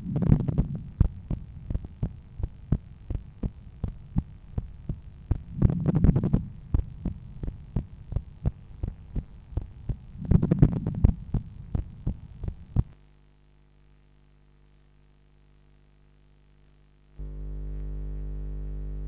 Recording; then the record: heart sounds by stethoscope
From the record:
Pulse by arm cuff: 83 bpm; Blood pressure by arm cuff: 137/85 mmHg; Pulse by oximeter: 82 bpm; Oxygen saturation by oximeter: 95%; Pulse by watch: 83 bpm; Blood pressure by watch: 127/83 mmHg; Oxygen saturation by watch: 98%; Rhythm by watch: sinus rhythm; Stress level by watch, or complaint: low stress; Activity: after 5 min smoking and 1 beer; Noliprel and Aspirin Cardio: after pills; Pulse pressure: 52 mmHg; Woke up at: 7:30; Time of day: 22:22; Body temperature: 36.4 C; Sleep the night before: 8 h 32 min, score 78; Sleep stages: REM 32%, light 50%, deep 12%, awake 6%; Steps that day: 9500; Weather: clear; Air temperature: 19.5 C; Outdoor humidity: 65%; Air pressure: 1014 hPa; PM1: 13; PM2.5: 18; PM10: 26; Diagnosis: hypertension, treated with Noliprel and Aspirin Cardio 100 mg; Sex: male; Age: 53 years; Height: 174 cm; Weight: 81 kg